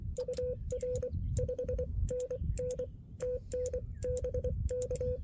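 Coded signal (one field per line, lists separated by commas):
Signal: Morse code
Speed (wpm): 23 wpm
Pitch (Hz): 500 Hz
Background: none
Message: UR 5NN TN BK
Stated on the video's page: Parks on the Air activation from park US-12715 using a Xiegu X6200 with XPA125B amplifier and a Radioddity HF-009 antenna on a tripod.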